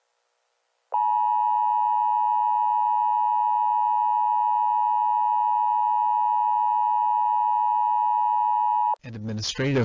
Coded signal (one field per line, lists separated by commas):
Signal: Emergency Alert System (SAME) tones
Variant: 853 and 960 Hz attention tone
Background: speech